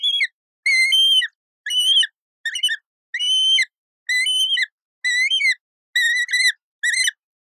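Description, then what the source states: Yellow-billed kite chirps, thin high whistled notes with quavering harmonics, given in short bursts about once a second at an uneven pace. Irregular chirping.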